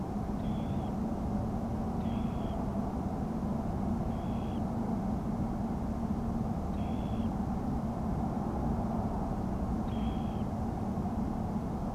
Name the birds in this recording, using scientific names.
Calidris alpina